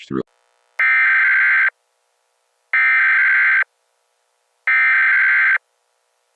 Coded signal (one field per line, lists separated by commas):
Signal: Emergency Alert System (SAME) tones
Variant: header bursts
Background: speech